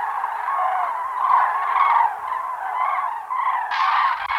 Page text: Common Crane Flock Calls - Quick Sounds